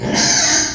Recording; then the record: squeal of a Yucatan mini pig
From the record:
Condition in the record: before surgery on the right vocal fold (resection and tissue-engineered implant); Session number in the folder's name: 2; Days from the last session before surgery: 0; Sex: male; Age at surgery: 12 weeks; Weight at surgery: 13 kg